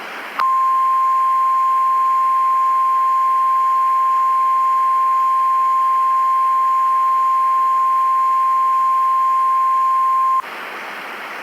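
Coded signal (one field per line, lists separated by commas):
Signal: Emergency Alert System (SAME) tones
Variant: 1050 Hz attention tone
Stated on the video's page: Mock Severe Thunderstorm Warning, made with Audacity and Balabolka.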